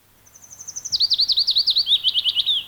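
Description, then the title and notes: Willow Warbler song: a soft, high, sweet phrase that starts with thin notes, swells louder and cascades gently downward in slurred notes over about two seconds. Field recording from Finland, on a 1989 cassette; presented first among Finland's 15 most common birds, each with at least a million breeding pairs yearly. "Mikä lintu lauloi. Pajulintu"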